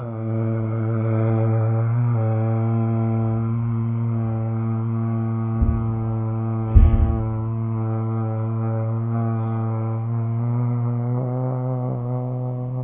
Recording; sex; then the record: sustained vowel /a/; male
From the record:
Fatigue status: no fatigue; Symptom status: symptomatic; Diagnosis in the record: COVID-19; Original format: 3gp